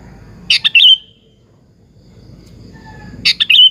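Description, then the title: Sooty-headed bulbul gives two quick, liquid, chirpy phrases, each ending in a slurred note, separated by a pause of about two seconds over low background rumble. "Kutilang"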